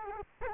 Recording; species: mosquito wingbeat signal from an infrared sensor; Culex quinquefasciatus